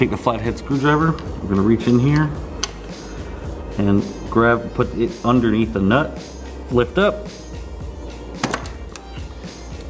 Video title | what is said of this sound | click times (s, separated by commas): 3RD GEAR GRIND FIX! B-SERIES TRANS HOW TO. HSG EP. 5-19 | voila, she pops into place, and the little C-ring is now locked into that little clip. | 8.4 s